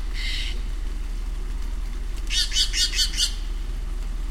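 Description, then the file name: Steller's jay giving harsh calls: one short note, then a quick run of about six rasping notes, over a steady low rumble. Recorded on 30 September 2008. "20080930 stellersjay"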